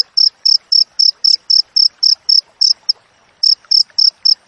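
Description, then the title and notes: Cricket with quick high chirps in a steady row, then a short silence of about half a second before the chirping resumes. Clear wild cricket chirping with tight spacing, intended as tutor audio for training songbirds and for repelling rats. "Masteran Jangkrik Alam Jernih, Jeda Rapat Cocok Untuk Masteran Burung Dan Mengusir Tikus. suara jangkrik"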